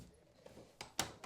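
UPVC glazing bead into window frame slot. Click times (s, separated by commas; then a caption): 1.0 s. A uPVC glazing bead is pushed into the slot on a window frame to hold the glass and gasket. A faint tap at 0.8 s leads into a sharp, loud click at 1.0 s, followed by a softer knock at 1.2 s. The bead is seated in the frame pocket.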